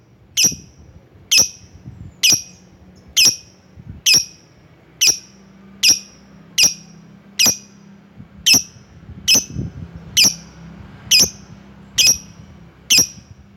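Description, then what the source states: Lovebird call: one sharp, high chirp repeated steadily about once a second, fifteen times, over a faint low hum. Lovebird calling a rival.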